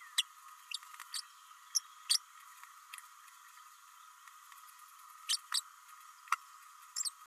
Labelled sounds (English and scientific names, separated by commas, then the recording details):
Green-rumped Parrotlet (Forpus passerinus) babbling
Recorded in a nest box in Venezuela
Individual 18B104A3